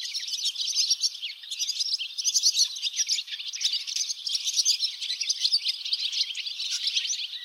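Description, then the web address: Barn swallow song, a long energetic twittering chatter of quick high notes mixed with harsh buzzy bursts, steady throughout. In Lower Saxony, Germany. "niedersachsen rauchschwalbe"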